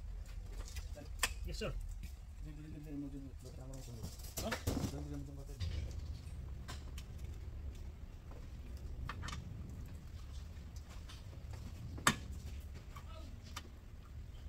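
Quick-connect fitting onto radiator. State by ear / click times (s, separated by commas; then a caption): seated / 9.1 s, 12.1 s, 13.6 s. During a radiator replacement on a 2014 Cadillac Escalade, a quick-connect fitting is pushed onto the radiator while someone talks. Sharp clicks sound at 9.1, 12.1 and 13.6 seconds as the coupling clicks in and seats.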